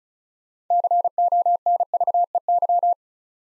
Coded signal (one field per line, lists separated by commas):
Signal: Morse code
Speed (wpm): 36 wpm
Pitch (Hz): 700 Hz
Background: none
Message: CONVEY